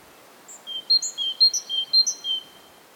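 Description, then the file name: Great tit giving a rapid run of bright, high-pitched notes in alternating pitches, with faint hiss behind. "Parus major"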